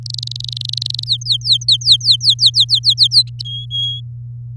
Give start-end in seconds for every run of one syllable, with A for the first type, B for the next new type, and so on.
0.06-1.04 A, 1.06-3.23 B, 3.45-4.00 C